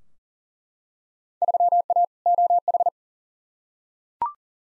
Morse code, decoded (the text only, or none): 3A OH